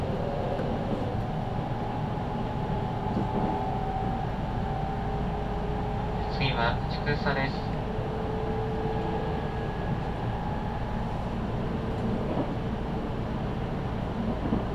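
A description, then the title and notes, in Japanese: A local train on the Chuo West Line runs with a steady, dense low rumble that barely changes in level. Faint humming tones hold underneath. Around the sixth and seventh seconds, a short burst of bright, ringing squeals rises above the drone. 中央西線 普通 名古屋→高蔵寺 313系8000番台。座席は転換クロスシート、窓にはカーテンということで若干グレードが高いです。通勤ラッシュの折り返しになるので多少立つ人が出るくらいですね～。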